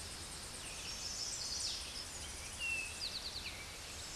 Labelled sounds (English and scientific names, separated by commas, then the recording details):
Chestnut-sided Warbler (Setophaga pensylvanica) song
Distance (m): 25 m
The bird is about 15 m above the microphone
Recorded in a Pennsylvania forest on 16 May 2024 at 08:24
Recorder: AudioMoth, point MSD-1849
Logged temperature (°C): 12.1 °C
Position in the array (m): 41 m, 58 m